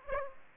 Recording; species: mosquito wingbeat signal from an infrared sensor; Aedes aegypti